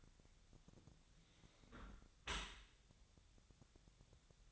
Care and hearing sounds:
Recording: daily activity, microphone in the room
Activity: close dishwasher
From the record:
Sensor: 3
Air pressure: 1006.7 hPa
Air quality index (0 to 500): 207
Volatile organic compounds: 19 ppm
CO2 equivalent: 2639 ppm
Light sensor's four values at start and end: 10/25/10/10 and 10/25/10/10

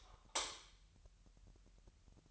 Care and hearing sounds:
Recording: daily activity, microphone in the room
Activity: light off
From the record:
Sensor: 3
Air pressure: 1001.8 hPa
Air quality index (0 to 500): 249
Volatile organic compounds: 51 ppm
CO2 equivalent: 3313 ppm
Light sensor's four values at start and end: 13/35/15/14 and 6/13/5/5

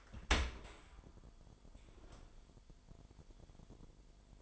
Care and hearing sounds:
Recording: daily activity, microphone in the room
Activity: open dishwasher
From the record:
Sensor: 5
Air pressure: 998.3 hPa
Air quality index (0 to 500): 86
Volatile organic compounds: 2 ppm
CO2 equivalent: 982 ppm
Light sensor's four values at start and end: 19/45/19/21 and 19/46/19/21

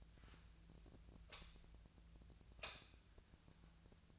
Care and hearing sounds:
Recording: daily activity, microphone in the room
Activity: light on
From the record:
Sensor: 2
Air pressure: 1009.7 hPa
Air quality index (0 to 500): 182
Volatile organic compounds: 11 ppm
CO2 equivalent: 2269 ppm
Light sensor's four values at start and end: 27/67/29/32 and 32/85/36/38

